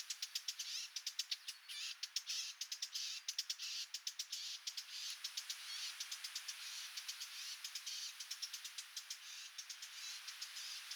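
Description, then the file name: Eurasian blackcap tacking insistently, crisp click-like notes coming fast and unevenly, several each second, with a high hiss running underneath. "Sylvia atricapilla"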